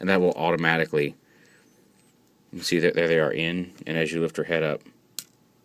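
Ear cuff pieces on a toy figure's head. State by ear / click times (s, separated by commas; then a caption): released / 5.2 s. Someone talks while tilting a plastic action figure's head back, which makes the spring-loaded ear cuff pieces on its head automatically snap out. A sharp click is heard at 5.2 seconds as the ear cuffs pop out from the head.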